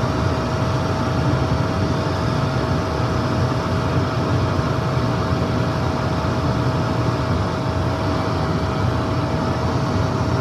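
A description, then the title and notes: A vacuum cleaner runs steadily for the whole recording, its motor drone unchanging in loudness. A deep rumbling roar sits underneath a dense airy hiss, with a thin steady whine riding on top throughout. Vacuum Cleaner: White Noise Alternative.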